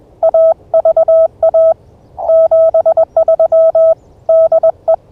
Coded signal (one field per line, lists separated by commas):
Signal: Morse code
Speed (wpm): 21 wpm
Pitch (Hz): 1300 Hz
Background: none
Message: AVA 73 DE